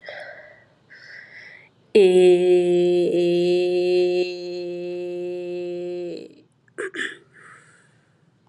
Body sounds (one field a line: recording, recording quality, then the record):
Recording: sustained vowel as in made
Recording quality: excellent, no background noise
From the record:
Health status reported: COVID-19 positive, mild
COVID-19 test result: positive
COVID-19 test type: RT-PCR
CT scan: not taken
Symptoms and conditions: cough, cold, sore throat, fever, fatigue, muscle pain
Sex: female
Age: 29 years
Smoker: no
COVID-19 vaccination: both doses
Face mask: not worn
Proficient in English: yes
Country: India